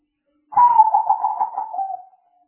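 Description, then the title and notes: Spotted dove giving a single pulsed cooing phrase, a rapid series of throbbing coos trailing off into a falling tail. Lure sounds used for trapping, a collection of calls. "Pikat Burung Tekukur Paling Ampuh. Kumpulan suara burung tekukur paling ampuh"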